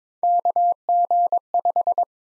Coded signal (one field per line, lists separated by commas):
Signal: Morse code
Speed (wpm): 22 wpm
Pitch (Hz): 700 Hz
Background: none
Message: KG5